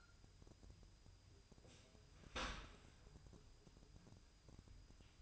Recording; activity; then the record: daily activity, microphone in the room; open dishwasher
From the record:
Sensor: 2